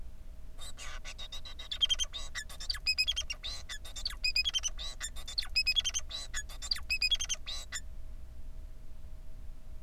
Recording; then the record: song of a male Bengalese finch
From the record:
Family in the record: son of father 4